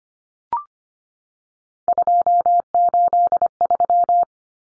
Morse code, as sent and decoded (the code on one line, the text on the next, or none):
..--- ---.. ...--
283